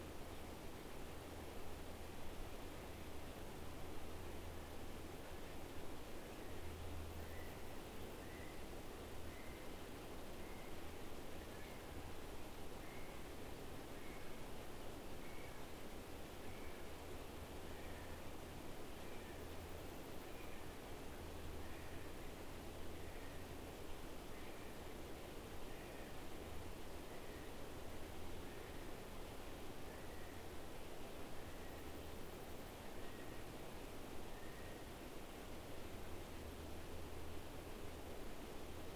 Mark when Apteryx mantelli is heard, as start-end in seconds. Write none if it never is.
4.51-35.02